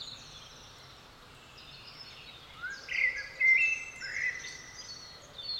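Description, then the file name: Common blackbird delivering a brief burst of clear fluted whistles after a quiet start, with thin high squeaks. "Turdus merula"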